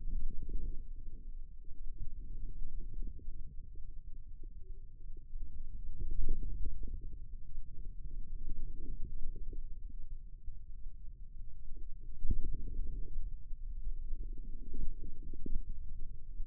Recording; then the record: forearm muscle sounds (acoustic myography)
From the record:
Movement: radial deviation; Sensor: system 2, bracelet of six BSWA MPA416 microphones around the upper forearm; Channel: 6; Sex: female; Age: 25 years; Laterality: right